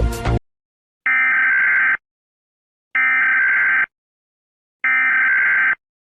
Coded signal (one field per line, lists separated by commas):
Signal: Emergency Alert System (SAME) tones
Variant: header bursts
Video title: HAZ-096 "Organ Alternation" EAS Scenario